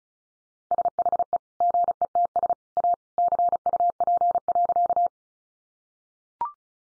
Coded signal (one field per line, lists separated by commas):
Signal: Morse code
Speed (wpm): 34 wpm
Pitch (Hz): 700 Hz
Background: none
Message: SHE GETS A CUP.